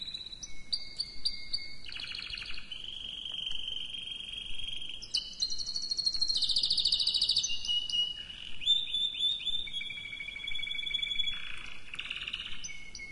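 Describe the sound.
Canary song of rolling trills and steady whistled tours, shifting between pitches in sections.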